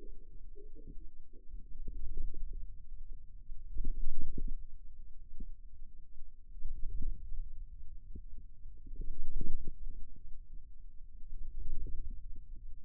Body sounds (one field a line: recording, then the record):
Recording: forearm muscle sounds (acoustic myography)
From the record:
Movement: wrist extension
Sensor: system 2, bracelet of six BSWA MPA416 microphones around the upper forearm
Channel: 5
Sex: male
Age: 22 years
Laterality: right